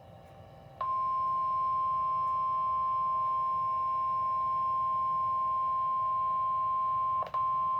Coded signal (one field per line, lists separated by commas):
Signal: Emergency Alert System (SAME) tones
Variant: 1050 Hz attention tone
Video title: 6/20/26 Flash Flood Warning for Brazoria and Fort Bend Counties (EAS #77)